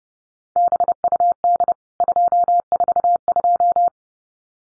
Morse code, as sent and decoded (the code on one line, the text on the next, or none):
-... ..- -.. / ..--- ....- ..---
BUD 242